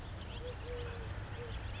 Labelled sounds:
Eurasian Collared Dove (Streptopelia decaocto)
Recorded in Sonoma County, California

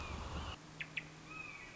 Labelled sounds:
Red-shouldered Hawk (Buteo lineatus)
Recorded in Sonoma County, California

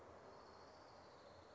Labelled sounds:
Orange-crowned Warbler (Leiothlypis celata)
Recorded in Sonoma County, California

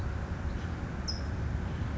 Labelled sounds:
California Towhee (Melozone crissalis)
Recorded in Sonoma County, California

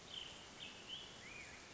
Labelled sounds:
Black-headed Grosbeak (Pheucticus melanocephalus)
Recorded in Sonoma County, California

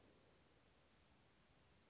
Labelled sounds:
Western Flycatcher (Empidonax difficilis)
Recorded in Sonoma County, California

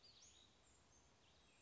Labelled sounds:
Western Flycatcher (Empidonax difficilis)
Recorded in Sonoma County, California

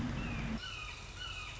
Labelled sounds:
Red-shouldered Hawk (Buteo lineatus)
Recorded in Sonoma County, California

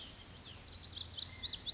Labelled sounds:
Pacific Wren (Troglodytes pacificus)
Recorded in Sonoma County, California

